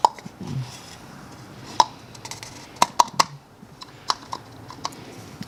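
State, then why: Seated. A separated plastic oil filter cartridge is twisted counterclockwise and pressed back onto its oil filter housing cap. Sharp plastic clicks and small handling knocks come at about 0.1, 1.8, 2.8, 3.0, 3.2 and 4.1 seconds. The cartridge snaps into place at 3.0 seconds, seating on the cap rather easily.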